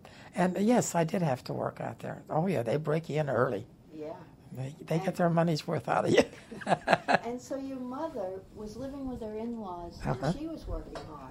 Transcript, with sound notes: And, yes, I did have to work out there. Oh yeah, they break you in early.
Yeah.
They get their money's worth out of (laughs)
And so your mother was living with her in-laws, and she was working hard.